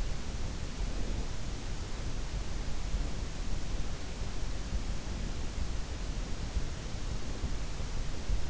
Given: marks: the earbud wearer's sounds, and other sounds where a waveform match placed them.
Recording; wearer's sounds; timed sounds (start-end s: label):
sounds in sleep by an in-ear microphone; breath
0.40-2.08 s: breath